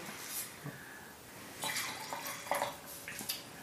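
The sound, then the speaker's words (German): Cold wine trickles and splashes into a glass, with a few light glassy clinks and taps in between. The sound is soft and uneven, and no one speaks. “Ich gieße auch noch einen kalten.”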